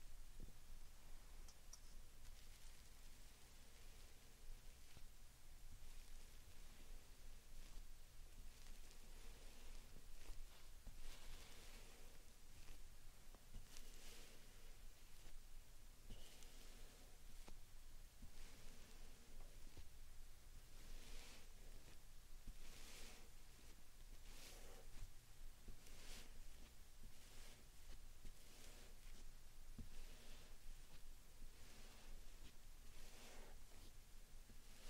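Slime sand being squished and pressed, with soft crackly, hissing bursts every second or two that swell and fade. The bursts grow brighter and more frequent after about ten seconds, over a steady low hum and a constant faint hiss.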